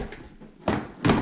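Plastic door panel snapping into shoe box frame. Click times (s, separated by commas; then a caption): 0.7 s, 1.1 s. The drop-front plastic door panel of a stackable shoe box is pressed onto the box frame. After a faint tap near 0.1 s, its snap joints engage with two sharp plastic snaps at 0.7 s and 1.1 s. The panel is seated on the frame.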